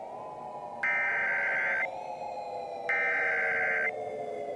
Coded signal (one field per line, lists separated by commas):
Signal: Emergency Alert System (SAME) tones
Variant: header bursts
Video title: EAS Scenario - Possessed III